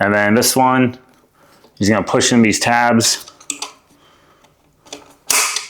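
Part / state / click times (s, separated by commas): plastic dust port connector onto miter saw dust outlet / seated / 5.3 s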